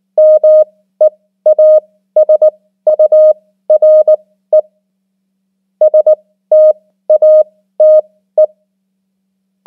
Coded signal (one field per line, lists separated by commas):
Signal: Morse code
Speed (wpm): 19 wpm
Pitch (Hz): 620 Hz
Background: none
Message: MEASURE STATE